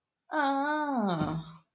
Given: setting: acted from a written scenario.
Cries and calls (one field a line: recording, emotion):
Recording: vocal sound without words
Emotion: realization